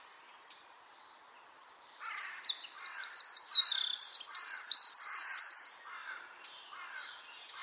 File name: Troglodytes troglodytes